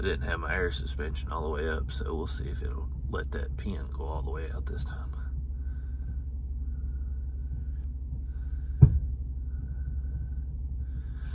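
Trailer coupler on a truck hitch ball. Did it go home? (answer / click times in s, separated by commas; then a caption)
released / 8.8 s. Someone talks over a steady low rumble while the vehicle's air suspension is raised to lift a trailer's steel coupler off a truck's hitch ball. At 8.8 s the coupler pops free of the ball with a single sharp pop, and the trailer is released.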